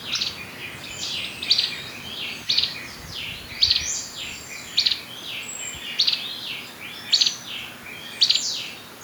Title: Myiothlypis Nigrocristata